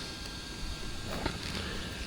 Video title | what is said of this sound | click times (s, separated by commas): The Tekno SCT410 2.0 Comes Alive! Upgrades, Setup & Bash Shakedown | yeah, just, you can see it just click in place. | 1.3 s